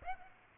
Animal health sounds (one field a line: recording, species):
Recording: mosquito wingbeat signal from an infrared sensor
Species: Aedes aegypti